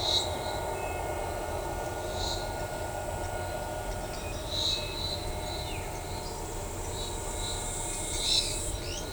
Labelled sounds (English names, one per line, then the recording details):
Striped Cuckoo
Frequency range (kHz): Striped Cuckoo 2.3-2.9 kHz
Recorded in shrubland near Pivijay, Magdalena, Colombia, on 17 April 2023 at 11:00
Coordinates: 10.453, -74.365
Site P5-G022